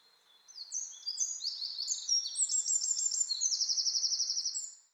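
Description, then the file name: Eurasian wren song, a loud rapid cascade of very high, sharp notes that runs into a long fast rattling trill. "Troglodytes troglodytes"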